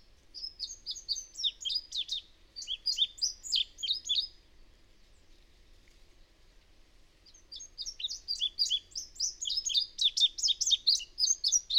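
Bird song, two extended phrases of rapid high twittering separated by a silent gap of several seconds.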